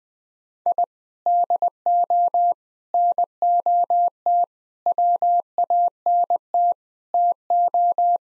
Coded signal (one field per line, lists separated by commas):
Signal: Morse code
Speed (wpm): 20 wpm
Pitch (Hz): 700 Hz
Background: none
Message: I DO NOT WANT TO